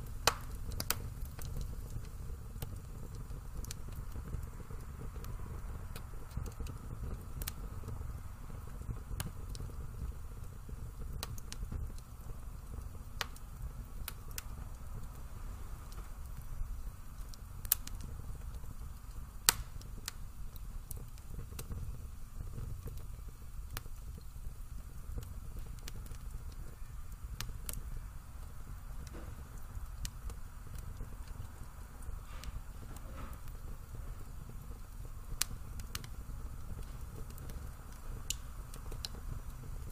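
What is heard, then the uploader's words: A fireplace crackles over a steady low roar, with sharp pops and snaps scattered irregularly throughout, a few louder ones standing out. The fireplace crackles and pops in this quiet recording of a weekend morning by the hearth.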